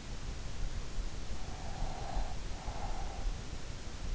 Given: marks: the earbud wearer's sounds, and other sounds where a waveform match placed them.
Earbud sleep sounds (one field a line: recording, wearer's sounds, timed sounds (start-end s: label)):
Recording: sounds in sleep by an in-ear microphone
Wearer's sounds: breath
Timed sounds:
1.26-3.33 s: breath